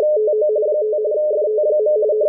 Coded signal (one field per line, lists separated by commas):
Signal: RTTY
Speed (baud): 45.45 baud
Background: radio noise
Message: TO 5 FT.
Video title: WLO Marine weather RTTY decode at 8473 kHz